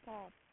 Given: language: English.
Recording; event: throat vibration sensor signal played as sound; speech